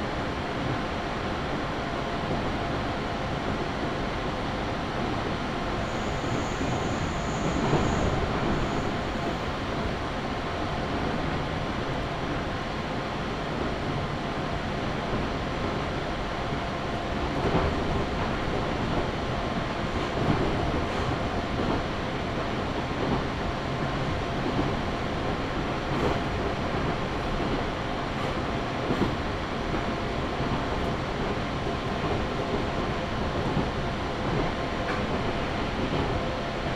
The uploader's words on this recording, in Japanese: 中央西線 十二兼→木曽福島。十二兼駅を過ぎると単線区間が出てきます。